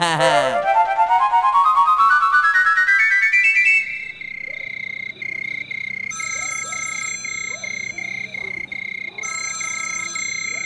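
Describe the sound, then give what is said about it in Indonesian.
A mobile phone rings at night, around midnight: a long rising electronic tone sweeps upward, then steady high beeping tones repeat in bursts, while frogs croak and insects chirp continuously underneath. “Arep turu, kalingane HP-ne mondi, telepone mondi.”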